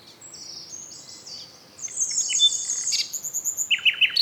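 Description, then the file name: Common nightingale song: high sustained whistles lead into a louder, busier passage and then rhythmic repeated chirps. "Luscinia megarhynchos"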